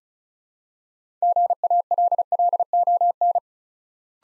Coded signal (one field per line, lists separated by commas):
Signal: Morse code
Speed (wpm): 36 wpm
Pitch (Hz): 700 Hz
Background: none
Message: GALLON